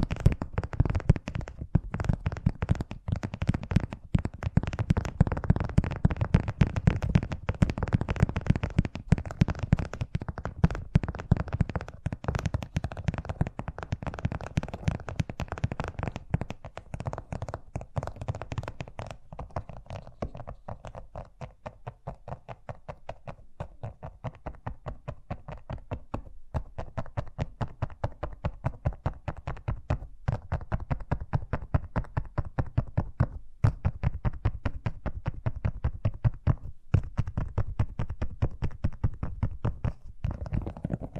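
Fast tapping runs throughout, a dense, steady stream of quick taps with a dull, low body and a light clicky edge. The first twenty seconds sound fuller and louder; after that the taps thin slightly and grow quieter, with a few brief gaps.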